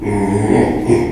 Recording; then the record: squeal of a Yucatan mini pig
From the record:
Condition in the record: after surgery on the right vocal fold (resection and tissue-engineered implant); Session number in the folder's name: 2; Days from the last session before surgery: 13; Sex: male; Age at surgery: 12 weeks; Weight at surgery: 13 kg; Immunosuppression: cyclosporine, prednisolone